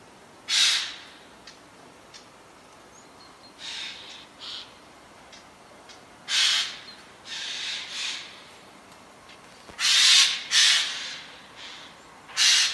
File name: Garrulus glandarius